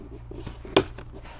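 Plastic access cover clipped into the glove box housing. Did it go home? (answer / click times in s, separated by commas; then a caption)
released / 0.8 s. A plastic access cover clipped into the glove box housing is pried off at its nail slots to reach the pollen filter, and its clips pop open with one sharp click at 0.8 s, followed by fainter ticks. The cover is released and comes free by hand.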